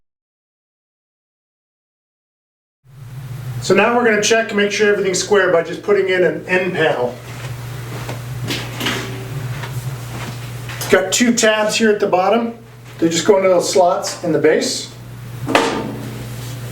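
After a near-silent start, a steady low hum begins at about 2.8 s while someone talks and the end panel of a metal gaming rack is handled, its two bottom tabs being lined up with slots in the base. Light handling knocks and scrapes are heard, but the panel has not yet snapped or clicked into place.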